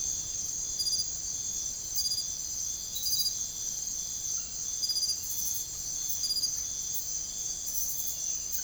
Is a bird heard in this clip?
no